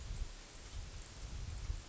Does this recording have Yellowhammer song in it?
no